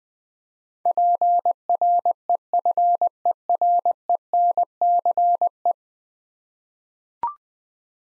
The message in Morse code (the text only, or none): PREFERENCE